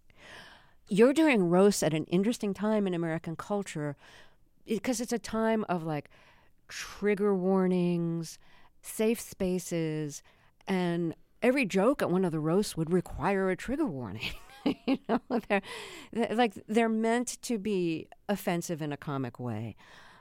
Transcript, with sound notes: You're doing roasts at an interesting time in American culture because it's a time of, like, trigger warnings, safe spaces. And every joke at one of the roasts would require a trigger warning (laughter), you know, they're - like, they're meant to be offensive in a comic way.